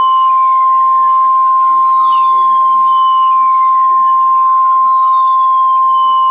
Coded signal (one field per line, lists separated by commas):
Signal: Emergency Alert System (SAME) tones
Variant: 1050 Hz attention tone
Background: speech